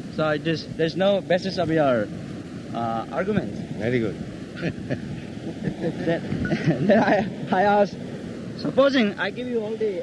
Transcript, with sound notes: So there is no basis of your argument."
Very good. [laughs]
Then I asked, "Supposing I give you all the